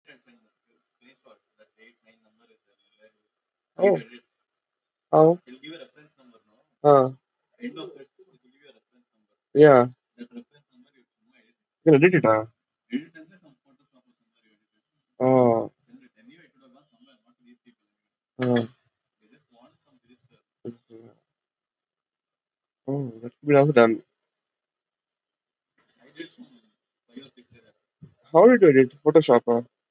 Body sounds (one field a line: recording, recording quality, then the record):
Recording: sustained vowel as in beet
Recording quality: poor, much background noise or distortion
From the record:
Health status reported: recovered from COVID-19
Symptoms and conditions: cold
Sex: female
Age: 25 years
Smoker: not ticked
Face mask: worn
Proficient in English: yes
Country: India